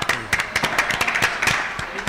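A burst of applause for a guest on a radio program, many hands clapping in quick, irregular bursts that hold at a steady, fairly loud level for about two seconds.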